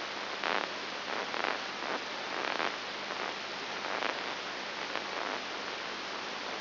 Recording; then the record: brain microelectrode recording played as sound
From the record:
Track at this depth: inside the subthalamic nucleus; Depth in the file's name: 3.302 mm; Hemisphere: left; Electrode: 3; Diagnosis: Parkinson's disease